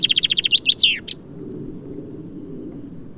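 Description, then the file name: Common chaffinch song tail: a quick string of bright repeated notes closing with a sweeping downward flourish and a short final note, then only background noise. "Fringilla coelebs"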